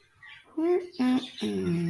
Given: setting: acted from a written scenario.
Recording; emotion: vocal sound without words; confusion